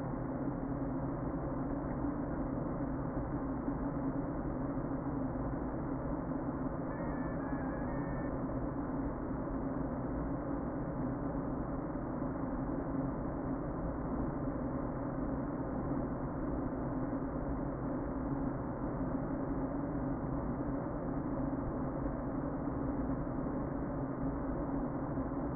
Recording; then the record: honeybee colony, microphone inside the hive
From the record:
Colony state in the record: queen present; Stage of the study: before two queens were removed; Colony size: about 60,000 bees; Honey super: yes